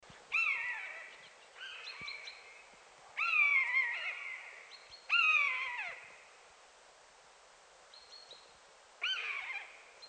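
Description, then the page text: Common buzzard giving repeated plaintive, descending mews, about five cries in ten seconds, with brief higher clipped notes between them. Calling in its natural habitat. "Звуки Канюка. ЗВУКОДАР"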